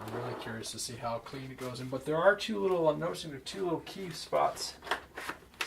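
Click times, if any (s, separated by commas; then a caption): 5.6 s. Someone talks while the foam wing of an E-Flite Commander RC airplane is pushed onto the fuselage's mounting points and two key spots. A few soft handling sounds follow, then a sharp click at 5.6 s as the wing locks into the fuselage and is seated.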